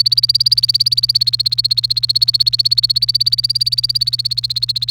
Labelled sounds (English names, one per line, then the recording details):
Domestic Canary song
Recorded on 28 April 2018 at 12:21
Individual llb3